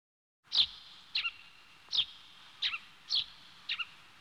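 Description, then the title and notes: Small bird giving short, sharp, high-pitched chirps, single or doubled, in a steady series, with a faint steady hiss behind. "NHK効果音集 - 2-波・川・小鳥"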